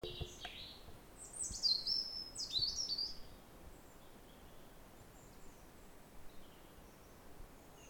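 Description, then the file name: European robin delivering one liquid, very high phrase of sliding whistles and quick trills, then fading to faint scattered notes. "Erithacus rubecula"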